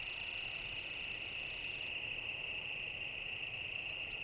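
Cicada song: an unbroken high-pitched drone, with an extra sizzling buzz for the first two seconds that gives way to scattered sharp ticks.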